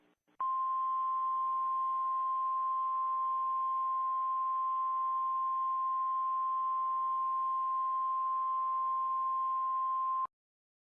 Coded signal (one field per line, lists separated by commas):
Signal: Emergency Alert System (SAME) tones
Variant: 1050 Hz attention tone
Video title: EAS Scenario: The Rabid Dogs of Detroit!